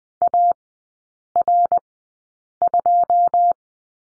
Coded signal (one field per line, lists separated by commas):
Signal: Morse code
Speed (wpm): 20 wpm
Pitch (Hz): 700 Hz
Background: none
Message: AR2